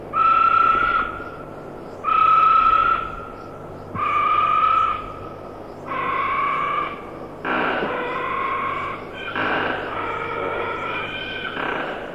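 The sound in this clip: Hyrax calling in a long series of harsh, harmonic squealing wails every couple of seconds, growing rougher and more broken toward the end, steady low hum beneath.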